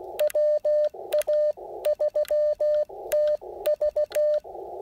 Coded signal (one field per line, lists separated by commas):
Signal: Morse code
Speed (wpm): 17 wpm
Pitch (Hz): 600 Hz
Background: radio noise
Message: WA3TV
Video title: Real-time CW POTA activation of Elk Knob State Park with the Icom IC-705 transceiver